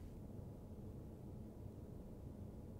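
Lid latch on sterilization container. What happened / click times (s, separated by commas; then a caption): Handled, not yet home: container lid latch not yet snapped closed / none. A lid latch on a sterilization container is being handled, with the lid lined up on the container bottom, but the latch has not snapped closed. A steady low rumbling noise with no distinct clicks fills the clip, and nothing has seated or clicked yet.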